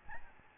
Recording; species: mosquito wingbeat signal from an infrared sensor; Aedes albopictus